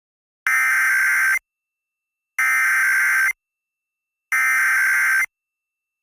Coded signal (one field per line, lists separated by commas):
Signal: Emergency Alert System (SAME) tones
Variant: header bursts